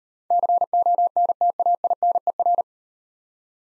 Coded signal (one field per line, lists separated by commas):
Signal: Morse code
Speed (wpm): 38 wpm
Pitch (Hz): 700 Hz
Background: none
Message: CONTAINER